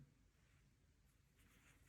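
A plastic safety eye washer is picked up and lined up on the stem of a safety eye set in a pony, before being pushed through. Only quiet handling and faint rustling sit over a low steady rumble, with slightly brighter scraping near the end. Nothing has seated or clicked yet.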